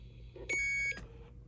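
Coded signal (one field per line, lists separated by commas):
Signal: 300-baud modem data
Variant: 300 baud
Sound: a click, then a short steady high beep lasting about half a second, then a click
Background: low hum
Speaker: we're going to change this from talk to data and you're going to hear a beep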